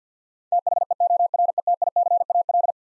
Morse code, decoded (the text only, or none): THEORETICAL